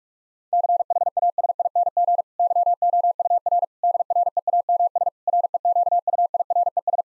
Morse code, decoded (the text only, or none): CHASING YOUR DREAMS REQUIRES